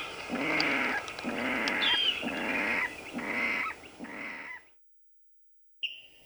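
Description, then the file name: Water rail squealing calls, five drawn-out harsh pig-like squeals about a second each, then a pause and one brief high note at the end. "Rallus aquaticus"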